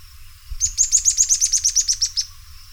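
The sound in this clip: Bird call, many high, clipped chirps repeated in a fast, even rhythm over a low background rumble.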